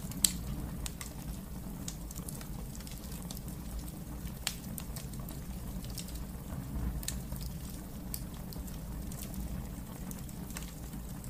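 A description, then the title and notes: A fire burns in a fireplace with a steady, low roar underneath. Sharp, bright crackles and pops break through irregularly every second or two, with a loud snap near the start. The sound is unchanging overall, with no other sounds. Relaxing Burning Fireplace with Crackling Fire Noise.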